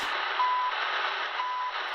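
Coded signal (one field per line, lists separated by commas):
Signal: radio time signal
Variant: CHU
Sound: two short 1 kHz beeps, one second apart, over steady shortwave hiss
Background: radio static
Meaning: Each tone marks one second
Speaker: Oh, look at this, Canadian signal.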